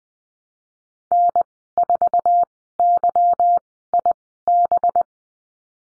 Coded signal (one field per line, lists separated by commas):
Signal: Morse code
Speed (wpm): 19 wpm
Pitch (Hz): 700 Hz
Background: none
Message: N4YIB